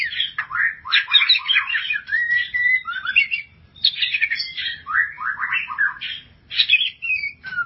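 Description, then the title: White-rumped shama song: bursts of rapid, squeaky and whistled notes in varied phrases, separated by short pauses. "Kicau Murai Batu"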